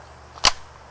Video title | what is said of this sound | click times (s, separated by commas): Airsoft Reports Quality Review-Crossman Airmag M50 | Push it in all the way till it clicks. | 0.5 s